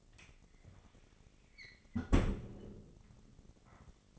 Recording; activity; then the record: daily activity, microphone in the room; close fridge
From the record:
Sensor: 4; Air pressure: 996.0 hPa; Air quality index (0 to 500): 62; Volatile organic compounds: 2 ppm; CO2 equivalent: 1110 ppm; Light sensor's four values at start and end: 14/38/14/16 and 16/42/16/18